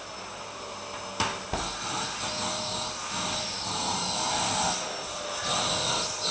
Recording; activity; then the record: daily activity, microphone in the room; vacuum cleaning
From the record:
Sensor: 2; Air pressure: 1009.5 hPa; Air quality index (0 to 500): 187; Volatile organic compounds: 12 ppm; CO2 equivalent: 2325 ppm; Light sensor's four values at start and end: 24/59/25/28 and 18/45/20/22